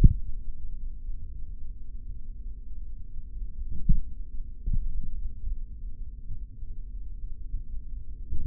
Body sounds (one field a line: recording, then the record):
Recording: forearm muscle sounds (acoustic myography)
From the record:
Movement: finger pinch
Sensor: system 3, bracelet of six PUI Audio POM-2738L microphones around the upper forearm, with dedicated amplification and filtering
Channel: 3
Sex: male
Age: 26 years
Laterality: right